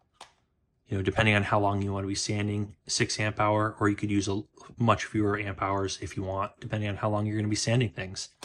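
An 18V battery pack is pushed onto a Ryobi PCL406 18V cordless orbital sander and latches with a single sharp click at 0.2 s. Someone then talks for the rest of the clip.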